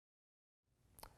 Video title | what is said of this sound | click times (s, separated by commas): Balto Unpacking and Assembly | it sits in the side and snaps into place | 1.0 s